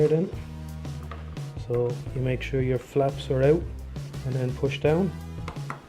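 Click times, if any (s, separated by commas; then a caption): 5.5 s, 5.7 s. Someone talks over background music while a memory module is pushed down into its motherboard slot with the plastic retention flaps opened out. Two sharp clicks at 5.5 s and 5.7 s mark both flaps snapping closed, and the module is seated.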